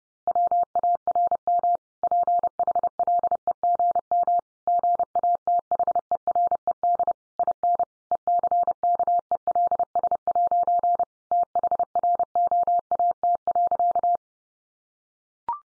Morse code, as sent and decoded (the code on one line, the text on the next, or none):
.-- .- .-. -- / .--. .... .-.. . --. -- / --. .- - .... . .-. . -.. / .. -. / . -.-. -.- . .-.. ... .----. / - .... .-. --- .- - .-.-.-
WARM PHLEGM GATHERED IN ECKELS' THROAT.